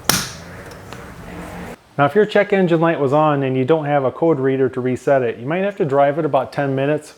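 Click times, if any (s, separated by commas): 0.1 s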